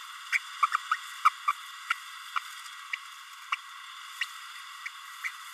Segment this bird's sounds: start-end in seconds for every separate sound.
0.32-0.38, 0.62-0.67, 0.72-0.76, 0.91-0.96, 1.25-1.29, 1.47-1.52, 1.90-1.93, 2.35-2.39, 3.52-3.56, 4.21-4.24, 5.24-5.29